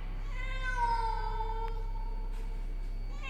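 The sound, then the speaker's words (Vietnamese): A single long, drawn-out meow from a black cat on a household altar on a cold, windy night, lasting about two seconds, rich and tonal, slowly sliding downward in pitch, with a steady low hum underneath. “từ trên cái bàn thờ nơi đã từng đặt tấm di ảnh của chị Hiền vang lên tiếng mèo kêu”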